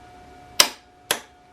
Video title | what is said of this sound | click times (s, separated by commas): How to Install Frame Sliders on the R3 | our click alright so now we know that that's down to 40 foot pounds and I'm gonna go ahead and do the other bolt okay | 0.6 s, 1.1 s